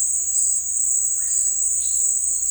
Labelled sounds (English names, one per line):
Russet-backed Oropendola